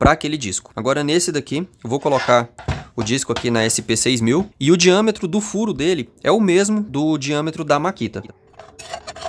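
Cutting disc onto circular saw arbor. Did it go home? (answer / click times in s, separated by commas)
no / none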